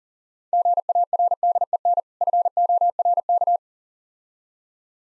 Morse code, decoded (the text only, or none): GARDEN FORK